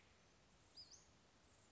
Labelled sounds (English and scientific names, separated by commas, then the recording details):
Western Flycatcher (Empidonax difficilis)
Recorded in Sonoma County, California